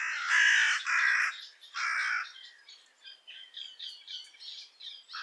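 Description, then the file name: Carrion crow giving three rough, hoarse caws, then quieter twittering of small birds filling the remaining seconds. "Corvus corone"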